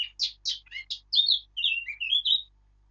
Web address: birdsong Sylvia atricapilla